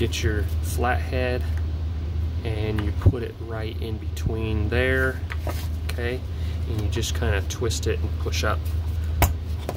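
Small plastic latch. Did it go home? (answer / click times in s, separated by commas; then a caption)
released / 9.2 s. A plastic trimmer head cover latched onto the head housing of a Kobalt 40 Volt Max string trimmer is released by a flathead screwdriver wedged between the cover and housing, then twisted and pushed up. Someone talks over a steady low hum while working the screwdriver in. The latch clicks open with a sharp snap at 9.2 s, releasing the cover so it can be pulled off.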